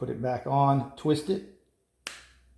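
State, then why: Seated. Someone talks as the cleaned filter assembly of a Bissell PowerLifter ION Pet stick vacuum is put back onto its dust container and twisted. A single sharp snap at 2.1 s confirms it has locked into place.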